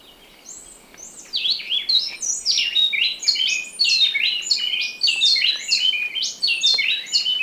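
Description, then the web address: Gray-breasted wood-wren singing a long, fast series of ringing whistled notes, jumping between high and middle pitches in an almost continuous musical stream. Temperate zone, Ecuador. "Birds of Ecuador. Gray-breasted Wood-Wren"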